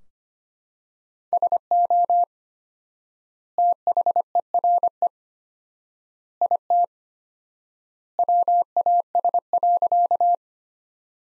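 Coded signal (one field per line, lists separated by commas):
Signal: Morse code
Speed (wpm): 25 wpm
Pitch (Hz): 700 Hz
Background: none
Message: SO THERE IT WAS.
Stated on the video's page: Morse practice sentences from the top 100 words at 25 wpm, sent with 4x standard word spacing, a Farnsworth-like method.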